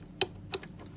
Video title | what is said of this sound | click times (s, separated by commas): Simulation Manikin Demo 1 – Assembly | in place. And I'll snap in place as well. | 0.2 s